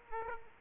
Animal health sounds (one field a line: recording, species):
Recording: mosquito wingbeat signal from an infrared sensor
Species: Aedes aegypti